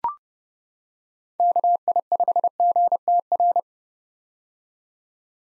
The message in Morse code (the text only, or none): KI5GTR